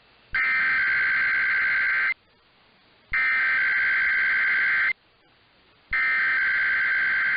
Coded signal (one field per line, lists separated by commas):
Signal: Emergency Alert System (SAME) tones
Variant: header bursts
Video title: 97.3 The Fan Join The Weekend Tests (EAS #21946-21950) 8/24-25/24